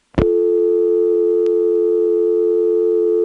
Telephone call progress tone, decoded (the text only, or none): dial tone